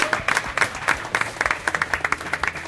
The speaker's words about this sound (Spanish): tenemos que darles un aplauso porque se lo están currando, llevan ayer toda la tarde y hoy toda la mañana.